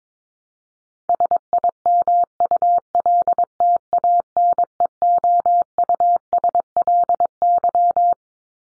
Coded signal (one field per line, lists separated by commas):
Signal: Morse code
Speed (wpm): 22 wpm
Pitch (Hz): 700 Hz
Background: none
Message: SIMULTANEOUSLY